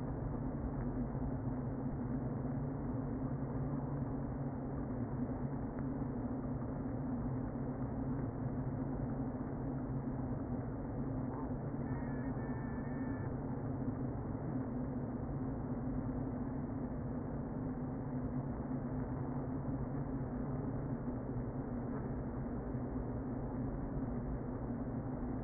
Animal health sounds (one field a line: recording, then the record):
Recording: honeybee colony, microphone inside the hive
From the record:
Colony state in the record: queen present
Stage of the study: before two queens were removed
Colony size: about 60,000 bees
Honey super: yes